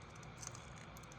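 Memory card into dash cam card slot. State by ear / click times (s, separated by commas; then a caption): seated / 0.5 s. A memory card, its gigabyte label facing out, is pushed into the card slot of a Garmin Dash Cam 47 until it latches. A sharp click sounds at 0.5 s over a low, steady background, followed by a couple of faint ticks. The card is seated in the slot.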